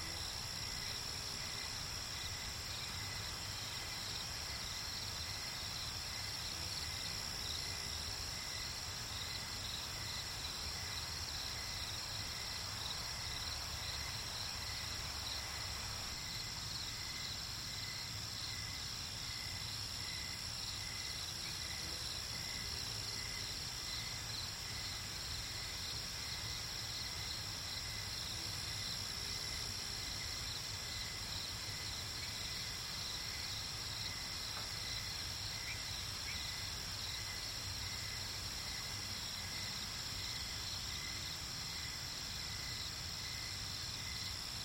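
Crickets chirp without pause through the night, a fast, even pulsing trill layered with higher, thinner insect tones that hold steady throughout. Beneath them runs a soft, low rushing murmur of creek water, constant and unchanging for the whole stretch.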